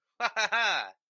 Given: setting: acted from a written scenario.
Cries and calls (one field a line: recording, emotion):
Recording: vocal sound without words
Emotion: pride